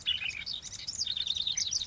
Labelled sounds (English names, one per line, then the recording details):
House Wren
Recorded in Sonoma County, California